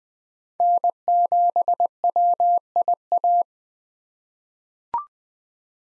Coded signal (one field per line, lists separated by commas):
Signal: Morse code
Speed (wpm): 20 wpm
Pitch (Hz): 700 Hz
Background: none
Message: N7WIA